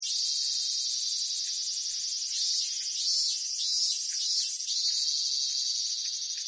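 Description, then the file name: Cicadas droning in an unbroken, piercing high buzz that wavers slightly in loudness. Cicadas in Tokyo during summer. "INSECT CICADAS TOKYO SUMMER"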